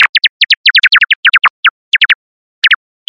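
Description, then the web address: Bat echolocation calls: sharp downward-sweeping chirps in quick irregular runs and pairs, broken by brief silences, with no other sounds. Sonar call. "Sound FX Collection Bat Sonar"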